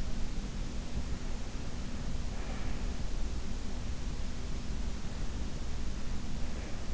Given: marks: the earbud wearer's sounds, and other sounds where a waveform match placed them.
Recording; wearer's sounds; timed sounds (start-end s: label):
sounds in sleep by an in-ear microphone; breath
2.31-3.02 s: breath